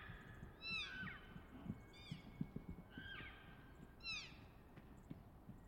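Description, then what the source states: Elk calling, four high whistled calls with sharply falling slides, about a second apart, over a low rumbling background. Two bulls challenging over cows and territory not long after dawn, behind a stand of Ponderosa Pine; Colockum Wildlife Area at the border of Coffin Game Reserve, last week before firearm hunting season.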